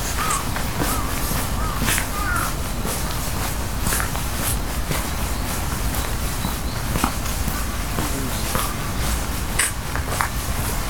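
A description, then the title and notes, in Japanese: A walk outdoors on a rainy morning, with a steady, dense low rumble under everything and frequent sharp ticks and taps scattered throughout, like footsteps and drips. Faint chirping or voices surface briefly near the start; the level stays even. 雨の朝にカメラ散歩。京都。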